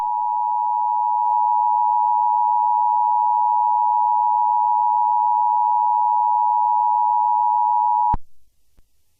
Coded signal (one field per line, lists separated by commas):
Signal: Emergency Alert System (SAME) tones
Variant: 853 and 960 Hz attention tone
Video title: EAS Scenario #24: Artificial Overintelligence